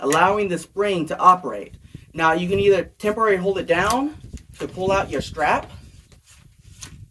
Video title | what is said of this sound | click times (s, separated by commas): Thw WMD Sling Stock! Ahead of its time? | or you can actually push it down and push it a little further, and it locks in place | 6.8 s